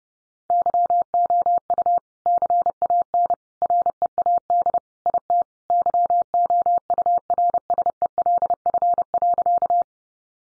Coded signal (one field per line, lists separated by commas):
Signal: Morse code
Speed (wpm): 30 wpm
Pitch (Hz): 700 Hz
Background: none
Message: YOU CAN READ IT YOURSELF.